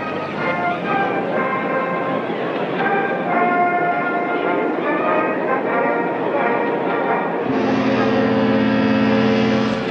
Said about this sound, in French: Voici maintenant, nous sommes à peu près à la dernière partie du lancement. Le bateau vient de parcourir à peu près 300 mètres. Et l'entrée, l'avant du bateau, va maintenant entrer dans l'eau.